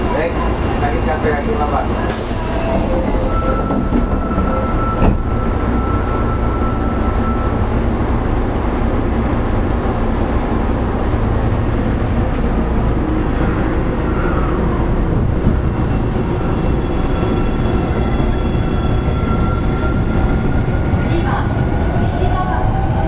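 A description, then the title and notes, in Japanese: Running sound recorded aboard an Osaka Municipal Subway Series 25 train on the Sennichimae Line: a steady, dense low rumble and roar throughout. Thin whining tones rise and hold through the middle, with brief clanks and squeals around 2, 5 and 15 seconds. 大阪市営地下鉄の25系電車の走行音。収録区間は、なんばから玉川です。大阪市営地下鉄25系 千日前線 なんばから玉川まで。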